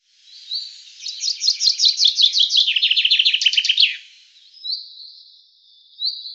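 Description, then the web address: Common chaffinch song: a fast trill that speeds up and drops in pitch, followed by thin, high whistled notes. "Deverinetal 2025 File cleaned normalized Bird Fr Co"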